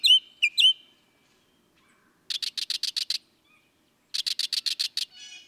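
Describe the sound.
Northern mockingbird song: two loud chirps, then two rapid series of about seven dry ticking notes separated by a pause, ending in a soft buzz.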